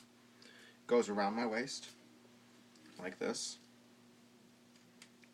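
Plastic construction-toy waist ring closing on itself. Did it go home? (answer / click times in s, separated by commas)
yes / 5.0 s, 5.2 s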